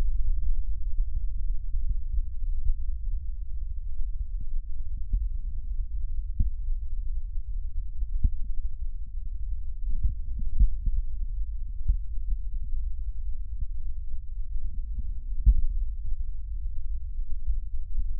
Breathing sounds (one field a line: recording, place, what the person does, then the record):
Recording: lung sounds by stethoscope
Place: left posterior basal chest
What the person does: quiet breathing, then deep breathing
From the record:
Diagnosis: COPD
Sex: female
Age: 75 years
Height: 155 cm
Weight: 67.6 kg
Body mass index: 28.1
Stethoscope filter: bell mode